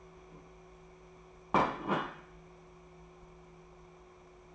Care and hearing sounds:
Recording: daily activity, microphone in the room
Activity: place plate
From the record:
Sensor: 1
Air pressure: 1015.1 hPa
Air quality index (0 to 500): 199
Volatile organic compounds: 24 ppm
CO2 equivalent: 2822 ppm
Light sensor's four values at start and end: 12/29/12/13 and 12/28/11/13

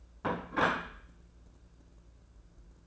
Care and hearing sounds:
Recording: daily activity, microphone in the room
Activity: place plate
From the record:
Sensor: 2

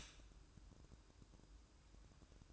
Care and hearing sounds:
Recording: daily activity, microphone in the room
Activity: stop toaster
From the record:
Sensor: 2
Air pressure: 1007.1 hPa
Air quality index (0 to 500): 39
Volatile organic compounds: 1 ppm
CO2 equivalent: 539 ppm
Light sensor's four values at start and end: 6/13/5/6 and 6/13/5/6

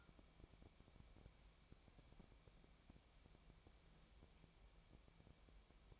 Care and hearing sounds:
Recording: daily activity, microphone in the room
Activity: wipe stove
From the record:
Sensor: 1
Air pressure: 1000.6 hPa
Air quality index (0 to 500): 184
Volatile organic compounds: 4 ppm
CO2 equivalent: 1692 ppm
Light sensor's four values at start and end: 12/29/12/14 and 12/29/12/14

